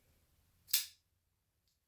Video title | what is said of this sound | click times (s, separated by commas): Month Use Review of Civivi Elementum pocket knife | snap snap out | 0.7 s